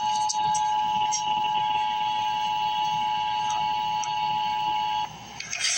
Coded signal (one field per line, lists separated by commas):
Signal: Emergency Alert System (SAME) tones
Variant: 853 and 960 Hz attention tone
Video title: Emergency Alert System - Special Weather Statement - Jan 31, 2026 at 9:18 AM EST